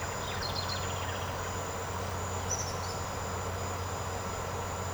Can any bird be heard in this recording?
yes